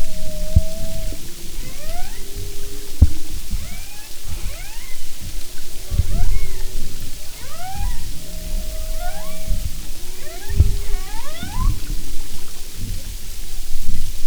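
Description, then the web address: Humpback whale calls: many brief upswept whistles and flat tones overlapping throughout, with steady low underwater rumbling and clicks. "Marine Mammals humpback"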